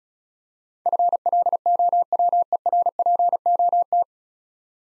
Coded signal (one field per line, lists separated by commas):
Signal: Morse code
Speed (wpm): 34 wpm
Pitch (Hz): 700 Hz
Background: none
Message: FLOWERPOT